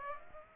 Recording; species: mosquito wingbeat signal from an infrared sensor; Aedes aegypti